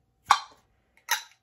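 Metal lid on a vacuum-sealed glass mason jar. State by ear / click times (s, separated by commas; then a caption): released / 0.3 s. A metal lid on a vacuum-sealed glass mason jar of jam is opened, and the lid releases its seal with a sharp snap at 0.3 s. A second, softer burst of broadband sound follows at about 1.1 s. The seal is released.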